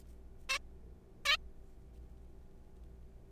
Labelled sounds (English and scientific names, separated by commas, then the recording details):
Zebra Finch (Taeniopygia guttata)
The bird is a juvenile
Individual R3428